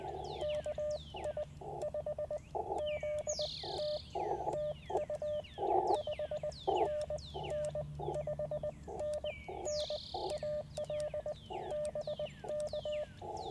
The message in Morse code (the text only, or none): KI5ZT TU 5NN 5NN AL BK